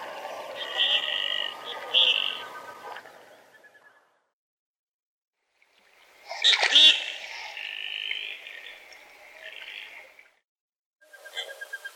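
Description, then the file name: Common goldeneye giving buzzy, nasal calls, a louder rasping burst after a silent gap, and a few quick clicking notes at the end. "Golosa ptic - Obyknoven gogol Bucephala clangula"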